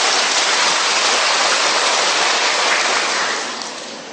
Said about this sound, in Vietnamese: Ở đây Ga Lăng dễ sợ thôi, cho thêm tràng vỗ tay nữa đi.